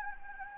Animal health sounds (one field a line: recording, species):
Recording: mosquito wingbeat signal from an infrared sensor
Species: Anopheles gambiae